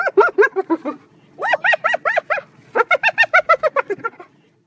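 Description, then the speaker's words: Spotted hyena laughter, rapid giggling runs of high, nasal hoo notes, in three runs with short pauses between them. Laughing sound most likely made after being attacked or when being chased by another hyena; one of about a dozen different vocalizations. "laughter of a spotted hyena. Spotted hyenas make about a dozen different vocalizations and are most likely to make that laughing sound after being attacked or when they're being chased by another hyena."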